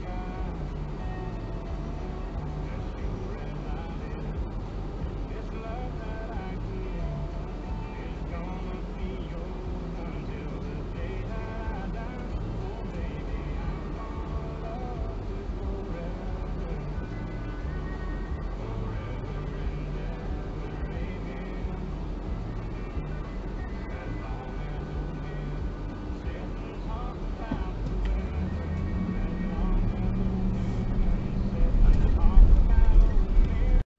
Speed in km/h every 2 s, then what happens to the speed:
0, 0, 0, 0, 0, 0, 0, 0, 0, 0, 0, 0, 0, 0, 7, 17, 22.
0-27 standing. 27-34 pulls away to 22.